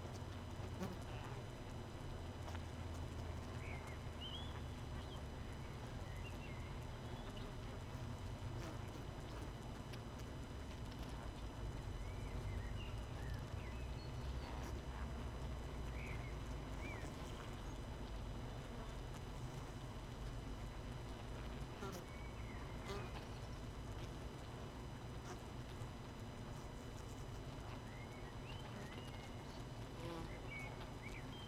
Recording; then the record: honeybee colony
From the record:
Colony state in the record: missing queen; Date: 31 May 2018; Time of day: 18:52